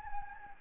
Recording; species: mosquito wingbeat signal from an infrared sensor; Anopheles gambiae